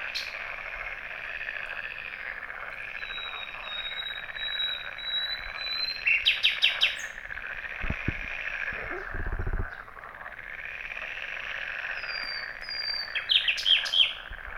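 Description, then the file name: Common nightingale song with two bursts of rapidly repeated notes about seven seconds apart, over a continuous background chorus, plus some low knocking thumps midway. "Luscinia megarhynchos"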